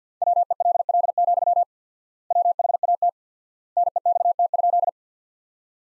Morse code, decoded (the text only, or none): WELL, WHAT NEXT?